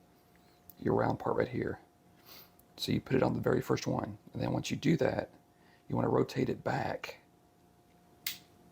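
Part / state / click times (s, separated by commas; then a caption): wooden chuck round piece into the drum ammo loader of a wooden model gun / seated / 8.3 s. Someone talks while the round wooden chuck piece is placed on the first post of the wooden drum ammo loader of a stained ROKR submachine gun wooden model and rotated back. A single sharp click at 8.3 s marks the piece seating into place.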